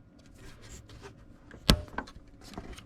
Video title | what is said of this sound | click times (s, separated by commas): 14-20 Lexus GX460 GPS Gracenote Navigation Radio Board Software REPAIR SERVICE | Hear it pop. | 1.7 s